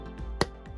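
The ball on top of the plastic display pylon is pushed into the port on the underside of a die-cast Hot Wheels Star Wars Starships Select #14 First Order TIE Fighter toy ship. It snaps in with one sharp click at 0.4 s, and the ball joint is seated.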